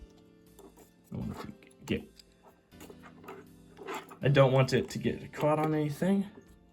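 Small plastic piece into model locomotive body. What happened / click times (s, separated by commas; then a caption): Handled, not yet home: no seating snap heard / none. A small plastic piece on a Rivarossi AC-10 model locomotive body is handled and moved back up toward its place while someone talks over music playing underneath. Only faint, soft handling ticks are heard between the speech. Nothing has seated or clicked yet by the end of the clip.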